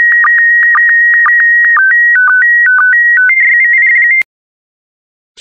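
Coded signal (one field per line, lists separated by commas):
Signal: SSTV (slow-scan television)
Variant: PD120 mode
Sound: steady high whistle broken by quick dips to lower tones, then abrupt stop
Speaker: Get ready. Starting transmission in 5, 4, 3, 2, 1. Transmission complete.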